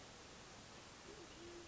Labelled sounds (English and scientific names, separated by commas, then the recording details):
Band-tailed Pigeon (Patagioenas fasciata)
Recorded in Sonoma County, California